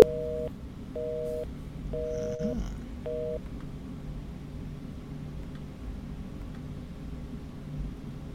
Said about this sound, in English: It's ringing and it's busy.